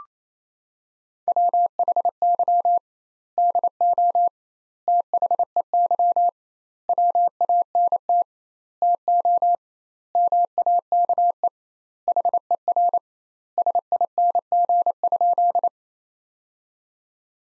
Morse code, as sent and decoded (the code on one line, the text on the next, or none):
.-- .... -.-- / -.. --- / - .... . -.-- / .-- .- -. - / - --- / -- .- -.- . / .... . .-. / ... .. -. --. ..--..
WHY DO THEY WANT TO MAKE HER SING?